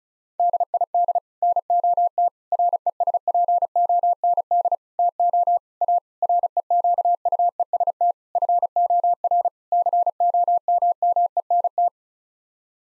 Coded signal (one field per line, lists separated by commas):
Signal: Morse code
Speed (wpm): 34 wpm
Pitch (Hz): 700 Hz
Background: none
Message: DID NOT RESPOND TO A REQUEST FOR COMMENT